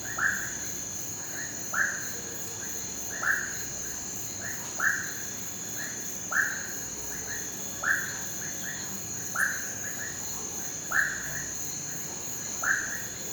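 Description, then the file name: Crickets in a steady high continuous trilling chorus, overlaid by loud frog-like chirping calls repeating roughly every one and a half seconds. Night chorus of crickets and cicadas in a rural setting, mixed with frogs. "Sapos ambiente rural a noite coro de grilos e cigarras, cachorro longe"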